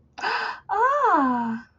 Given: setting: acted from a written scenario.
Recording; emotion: vocal sound without words; positive surprise